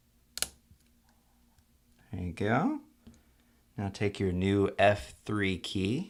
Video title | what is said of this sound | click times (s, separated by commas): F3 key replacement on the 13" Macbook Pro Early 2009 Core 2 Duo 2.53 Ghz | your finger and just push down until it snaps there | 0.4 s